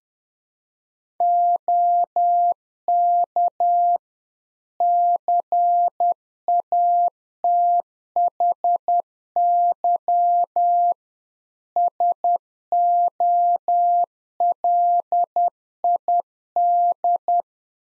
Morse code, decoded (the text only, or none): OK CATHY SOLID